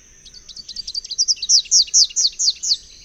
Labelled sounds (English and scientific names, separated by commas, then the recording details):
Rufous-capped Warbler (Basileuterus rufifrons) song
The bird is a male
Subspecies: rufifrons
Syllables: 23
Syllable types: 7
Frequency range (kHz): 2.1-7.0 kHz
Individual FV-NYS-M